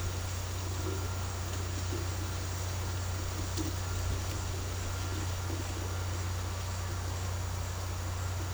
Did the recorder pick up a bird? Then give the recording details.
no. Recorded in secondary vegetation near Puerto Asís, Putumayo, Colombia, on 24 March 2025 at 14:30. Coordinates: 0.468, -76.324. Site G059